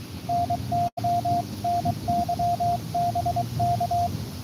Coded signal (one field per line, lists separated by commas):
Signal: Morse code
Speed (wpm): 23 wpm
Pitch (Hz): 700 Hz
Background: radio noise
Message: NTM NY BK